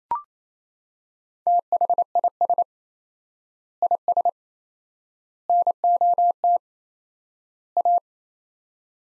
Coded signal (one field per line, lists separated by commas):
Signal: Morse code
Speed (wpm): 27 wpm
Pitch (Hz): 700 Hz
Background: none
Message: THIS IS NOT A